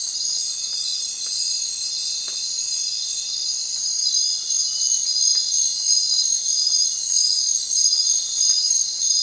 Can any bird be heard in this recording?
no